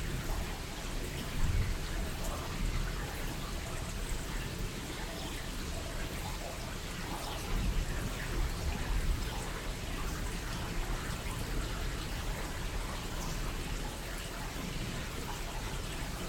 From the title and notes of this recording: Rain - 3pm - binaural version (Headphones).